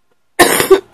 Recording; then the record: coughing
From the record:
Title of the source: 30 Chesty and wet cough